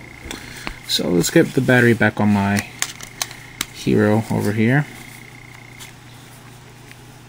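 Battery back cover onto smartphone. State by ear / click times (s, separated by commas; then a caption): not seated / none. Someone talks while handling a plastic battery back cover and fitting it back onto an HTC Hero (Sprint) smartphone, with small sharp ticks and taps from the handling. The cover has not seated or clicked into place yet.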